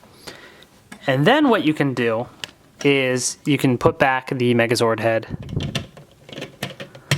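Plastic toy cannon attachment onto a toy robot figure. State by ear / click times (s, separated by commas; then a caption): seated / 0.9 s. A plastic Mega Morph DX Battle Station toy cannon from Power Rangers Ninja Steel is flipped over and attached to a toy robot figure, clicking into place at 0.9 s so it is seated. Someone talks, and a few more short plastic clicks and taps follow near the end.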